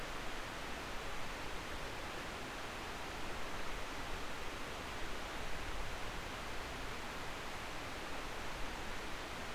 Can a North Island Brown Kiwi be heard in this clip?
no